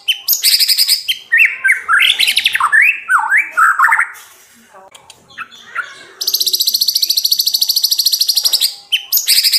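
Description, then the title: White-rumped shama song: loud varied whistled and slurred phrases, a quieter pause, then a long run of rapid, high buzzy pulsed notes. Training song (masteran) for caged birds, labaik style. "MURAI BATU LABAIK"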